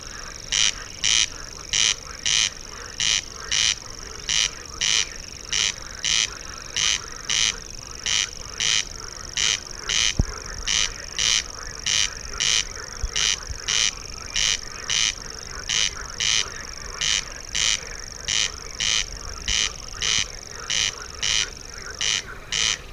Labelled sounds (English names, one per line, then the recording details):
Corn Crake
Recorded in the wild
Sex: male
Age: adult
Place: Schwedt/Oder, Nationalpark Unteres Odertal, Brandenburg, DE
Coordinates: 53.0394, 14.2955
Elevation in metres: 1
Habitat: grassland
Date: 2017-06-19 20:26
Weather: clear, 18°C, weak wind from East
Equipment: Olympus LS-3, Olympus ME31
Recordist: Frommolt, Karl-Heinz